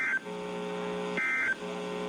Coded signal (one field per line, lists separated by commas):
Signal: Emergency Alert System (SAME) tones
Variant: end-of-message bursts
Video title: Required weekly test (EAS 2)￼